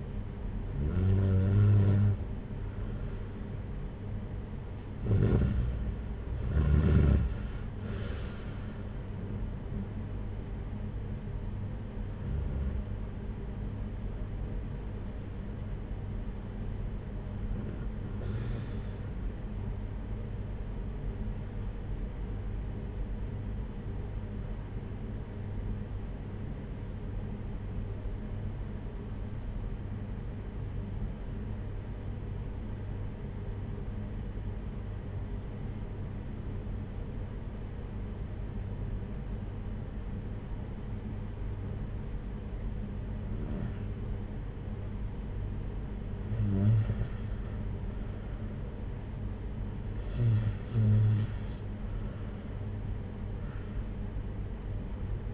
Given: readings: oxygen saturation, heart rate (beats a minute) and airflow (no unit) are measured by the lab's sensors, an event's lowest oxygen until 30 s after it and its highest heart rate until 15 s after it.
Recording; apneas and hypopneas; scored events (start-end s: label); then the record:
breathing in sleep by a smartphone at the bedside; 1
13.00-55.34 s: new sleep stage, N1 (lightest sleep)
25.00-45.20 s: hypopnea (N1, oxygen 96% highest, then 90% lowest, heart rate 61 at the start, 69 highest)
From the record:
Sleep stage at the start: N2 (light sleep); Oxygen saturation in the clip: 91 to 96%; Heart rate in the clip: 54 to 66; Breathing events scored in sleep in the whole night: 226 in 8.8 hours asleep